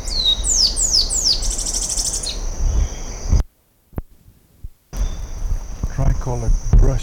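Tricolored brushfinch song: a few high, sliding whistled notes followed by a fast buzzy trill, over a steady insect drone.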